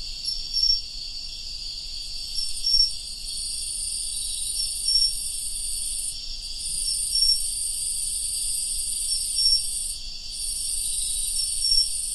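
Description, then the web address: Cricket song: a steady, very high continuous trill in layered bands, with brief bright notes repeating about every two seconds. "Hoerbeispiele Grillen"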